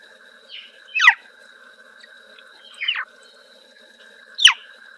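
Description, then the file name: Swinhoe's frog calls: three short, high chirps that slide steeply downward, spaced about one and a half to two seconds apart, over a steady high whine and a lower hum. "Rana swinhoana"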